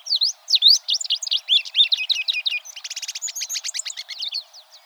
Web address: sound Tropeiro-seedeater